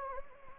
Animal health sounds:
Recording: mosquito wingbeat signal from an infrared sensor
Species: Anopheles gambiae

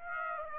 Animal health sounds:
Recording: mosquito wingbeat signal from an infrared sensor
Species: Aedes aegypti

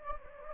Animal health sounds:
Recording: mosquito wingbeat signal from an infrared sensor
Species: Anopheles gambiae

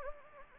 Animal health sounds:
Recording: mosquito wingbeat signal from an infrared sensor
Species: Anopheles gambiae

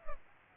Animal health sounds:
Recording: mosquito wingbeat signal from an infrared sensor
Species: Culex pipiens

